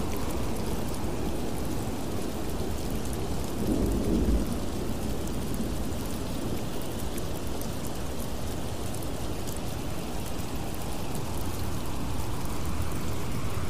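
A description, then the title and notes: Steady, dense rain hisses throughout a thunderstorm, with a low rumble of thunder swelling around four seconds before settling back. Thunderstorm Sounds With Rain White Noise.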